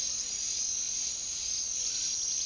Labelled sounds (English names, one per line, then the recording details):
none
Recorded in secondary vegetation near Puerto Asís, Putumayo, Colombia, on 19 February 2024 at 07:30
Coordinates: 0.500, -76.326
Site G6428